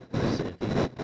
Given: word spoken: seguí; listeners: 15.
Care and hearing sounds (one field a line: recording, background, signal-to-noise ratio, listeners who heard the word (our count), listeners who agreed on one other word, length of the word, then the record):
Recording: one Spanish word in noise, from a listening test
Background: noise modulated by one talker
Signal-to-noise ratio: -12.3 dB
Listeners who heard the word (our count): 0 of 15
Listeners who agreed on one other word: 9 of 15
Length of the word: 0.64 s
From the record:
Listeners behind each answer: 9, 3, 1, 1, 1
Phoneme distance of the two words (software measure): 7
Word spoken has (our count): 2 syllables, 4 phonemes, stress on syllable 2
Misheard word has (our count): 2 syllables, 5 phonemes, stress on syllable 2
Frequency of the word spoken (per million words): 8.03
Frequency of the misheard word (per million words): 152.47